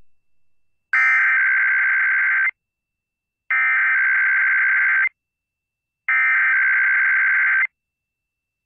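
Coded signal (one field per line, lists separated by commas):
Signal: Emergency Alert System (SAME) tones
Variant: header bursts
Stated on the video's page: Weekly tests from KUNA and IPAWS time zones.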